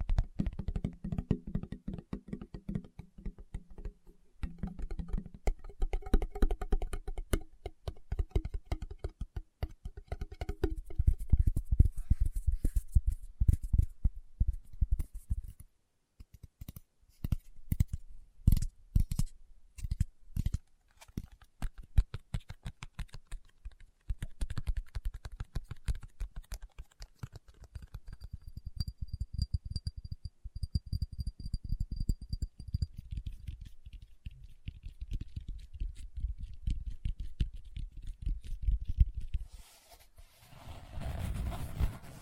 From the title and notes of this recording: ASMR Tapping with Fingertips (No Talking).